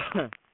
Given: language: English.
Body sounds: throat vibration sensor signal played as sound; cough

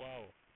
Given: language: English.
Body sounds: throat vibration sensor signal played as sound; speech

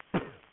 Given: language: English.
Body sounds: throat vibration sensor signal played as sound; cough

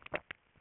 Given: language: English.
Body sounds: throat vibration sensor signal played as sound; swallow

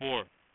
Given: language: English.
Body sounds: throat vibration sensor signal played as sound; speech

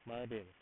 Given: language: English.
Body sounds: throat vibration sensor signal played as sound; speech

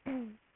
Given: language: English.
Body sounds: throat vibration sensor signal played as sound; throat clearing

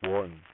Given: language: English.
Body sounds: throat vibration sensor signal played as sound; speech

